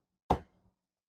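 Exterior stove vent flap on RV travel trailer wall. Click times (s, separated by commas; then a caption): 0.3 s. The exterior stove vent flap on the wall of a 2023 Forest River Wildwood 273 QBXL travel trailer is pressed closed by hand until it latches, keeping dust out while traveling. A single sharp, knock-like click lands at 0.3 s, followed by a short fading rattle, and the flap is seated shut.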